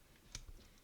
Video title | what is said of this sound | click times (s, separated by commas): How to use a basic SLR camera | here a click and now it's mounted | 0.3 s